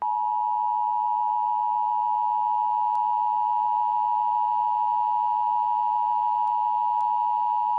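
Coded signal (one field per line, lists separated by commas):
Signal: Emergency Alert System (SAME) tones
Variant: 853 and 960 Hz attention tone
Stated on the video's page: EAS alert tones for a Severe Thunderstorm Warning in Fort Wayne, Indiana.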